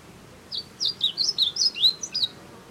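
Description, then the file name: Blue seedeater singing a quick run of high, sweet whistled notes, sliding up and down. "Amaurospiza concolor - Blue Seedeater"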